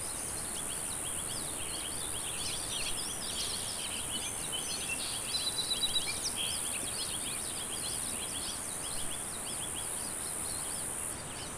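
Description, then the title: Cicadas keep up a constant high buzz beneath busy bird chirping and twittering. "neoscenes: cicadas"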